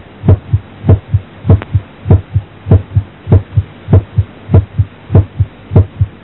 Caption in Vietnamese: Tiếng thứ hai có thể mờ đơn độc hoặc cùng tiếng thứ nhất, gặp trong tràn dịch màng ngoài tim, hẹp các van tổ chim, thấp tim gây phù nề van tim.